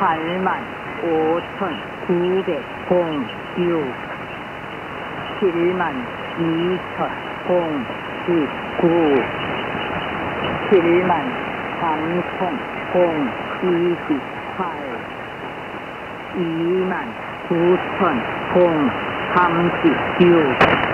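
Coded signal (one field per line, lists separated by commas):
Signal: numbers station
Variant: V24, Korean language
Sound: a voice reading digit groups in Korean with steady pauses over hiss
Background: radio static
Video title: 5900kHz V24 Korean numbers station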